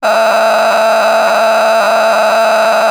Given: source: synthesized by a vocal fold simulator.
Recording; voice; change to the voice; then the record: sustained vowel; female; a random mix of aspiration noise, stiffness perturbation and strain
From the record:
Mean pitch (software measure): 220 Hz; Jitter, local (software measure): 4.86%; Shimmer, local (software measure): 11.2%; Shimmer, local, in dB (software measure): 1.08 dB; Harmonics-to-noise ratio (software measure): 6.2 dB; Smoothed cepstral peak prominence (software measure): 9.3 dB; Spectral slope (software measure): -15.3 dB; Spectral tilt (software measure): -9.0 dB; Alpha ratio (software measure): -5.8 dB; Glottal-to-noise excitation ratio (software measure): 0.889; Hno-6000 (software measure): 1.7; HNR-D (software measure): 26.1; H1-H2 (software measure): -0.9 dB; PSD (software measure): 1.6e-03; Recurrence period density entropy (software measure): 0.132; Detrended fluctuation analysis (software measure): 0.0123